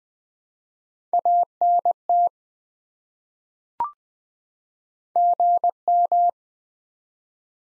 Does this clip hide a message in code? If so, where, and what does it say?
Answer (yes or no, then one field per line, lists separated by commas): yes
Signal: Morse code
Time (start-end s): 1.1-6.3 s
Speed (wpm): 20 wpm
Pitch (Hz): 700 Hz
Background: none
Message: ANT GM